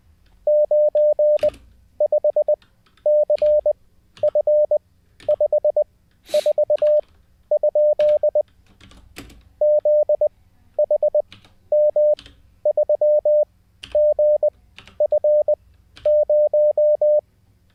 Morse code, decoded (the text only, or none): 95CF54? ZHM3GF0